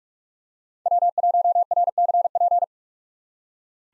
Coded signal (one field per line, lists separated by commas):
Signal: Morse code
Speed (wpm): 42 wpm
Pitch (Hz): 700 Hz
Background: none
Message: W1RCP